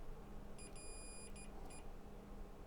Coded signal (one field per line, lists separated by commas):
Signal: none